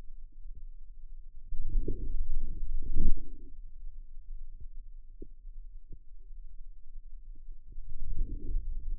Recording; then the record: forearm muscle sounds (acoustic myography)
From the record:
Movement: outward rotation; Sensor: system 2, bracelet of six BSWA MPA416 microphones around the upper forearm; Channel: 4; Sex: male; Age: 22 years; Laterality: right